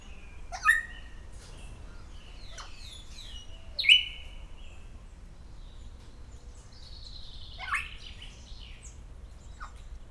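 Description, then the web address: Grey parrot calling with flat whistles, a sharp upward whistle and a long falling buzzy note, separated by clicks and pauses. Szeged Zoo, Hungary, 2011. "allathangok szegedizoo 2011 standardt jakopapagaj folyamatosanaprankent"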